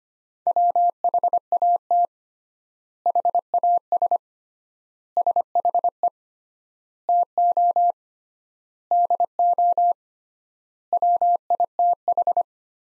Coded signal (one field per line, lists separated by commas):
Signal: Morse code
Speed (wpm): 25 wpm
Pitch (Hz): 700 Hz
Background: none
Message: WHAT HAS SHE TO DO WITH